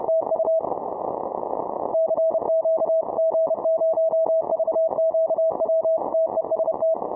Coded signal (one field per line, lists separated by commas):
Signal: Morse code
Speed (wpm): 31 wpm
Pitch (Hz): 650 Hz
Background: none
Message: TU CQ G0VQW TEST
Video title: Delta loop and Vertical Antennas and thoughts on Contesting G0VQW